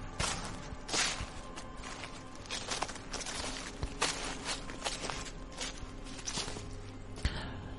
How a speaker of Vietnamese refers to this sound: Từ phía bên kia cánh rừng, âm thanh bước chân người dẫm lên lá cây sột soạt vang lên.